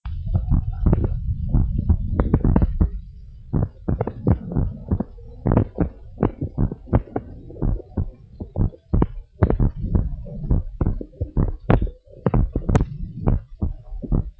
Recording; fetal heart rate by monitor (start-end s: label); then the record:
heart sounds of a pregnant woman by stethoscope
no fetal heartbeat
From the record:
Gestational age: 38 weeks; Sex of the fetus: boy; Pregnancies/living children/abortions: 2/1/0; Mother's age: 30 years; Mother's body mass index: 31.1